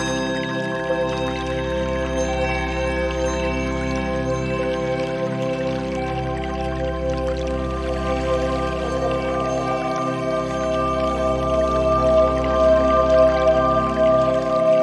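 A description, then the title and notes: Tibetan bowls ring in long, steady tones, layered at several pitches, with a low hum that pulses and briefly drops out around 0.5, 5.5 and 10 seconds. Soft trickling, dripping water runs underneath, and the bowl tones swell slightly brighter toward the end. A Serene Journey Through Nature Sounds and Tibetan Bowls.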